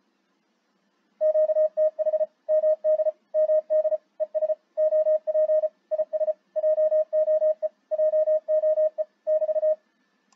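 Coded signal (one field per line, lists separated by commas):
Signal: Morse code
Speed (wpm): 34 wpm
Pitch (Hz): 620 Hz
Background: radio noise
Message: QTH MD MD ES OP IS JOE JOE <BT>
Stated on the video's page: CW sent by a Flex 6600M software defined radio, converted from speech using Node-Red and IBM Watson.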